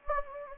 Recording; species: mosquito wingbeat signal from an infrared sensor; Anopheles gambiae